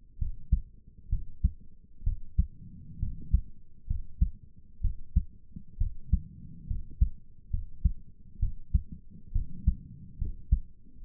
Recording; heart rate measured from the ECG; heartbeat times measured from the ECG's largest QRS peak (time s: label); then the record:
heart sounds by stethoscope; 66 bpm
0.18 s: heartbeat
1.09 s: heartbeat
2.03 s: heartbeat
2.99 s: heartbeat
3.87 s: heartbeat
4.81 s: heartbeat
5.77 s: heartbeat
6.67 s: heartbeat
7.50 s: heartbeat
8.39 s: heartbeat
9.32 s: heartbeat
10.18 s: heartbeat
11.02 s: heartbeat
From the record:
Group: healthy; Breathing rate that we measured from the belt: 17 breaths a minute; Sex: female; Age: 22 years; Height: 154 cm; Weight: 58.7 kg